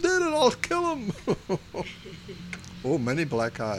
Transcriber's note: they laugh